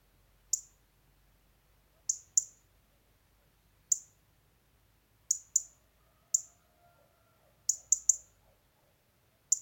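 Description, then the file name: European robin ticking: sharp, bright clicks, singly and in quick groups, every one to two seconds in near silence. "Erithacus rubecula"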